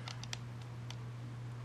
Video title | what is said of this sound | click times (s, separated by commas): Transfer tutorial | key in here just like that okay and it just snaps right in the place | 0.3 s